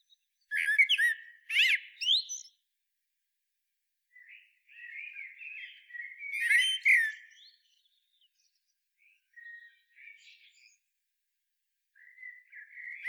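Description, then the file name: Common blackbird singing several separate phrases of mellow whistled warbling mixed with sharp, high squeaky notes, separated by short pauses. "Turdus merula"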